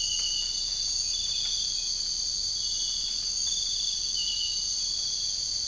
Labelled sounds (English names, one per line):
none